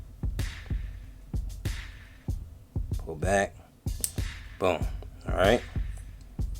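A clutch spring is pulled back and worked onto the next clutch shoe of a Reds Racing 721 Scuderia RC engine clutch, producing a series of small sharp metallic clicks and taps while someone talks. The clip ends just before the spring is pushed down into place, so nothing has seated or clicked in yet.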